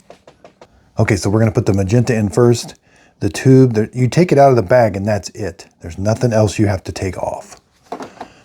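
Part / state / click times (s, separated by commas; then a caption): magenta ink cartridge into inkjet printer cartridge bay / seated / 7.9 s. A plastic magenta ink cartridge, taken out of its bag with nothing else to remove, is lined up and pushed into its slot in the cartridge bay of a Brother MFC-J1010DW wireless color inkjet printer. Someone talks through most of the clip, after a few faint ticks at the start. The cartridge clicks into place at 7.9 s, followed by a softer tick.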